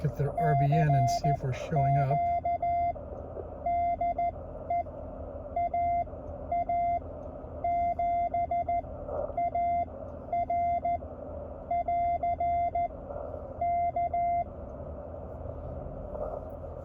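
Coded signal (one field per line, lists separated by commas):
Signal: Morse code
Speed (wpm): 14 wpm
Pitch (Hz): 690 Hz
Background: speech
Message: CQ DE AA7AR <AR> K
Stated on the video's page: Elecraft K1 QRP go-kit operated mobile on battery power from the car dash, 20M, with a very low noise level.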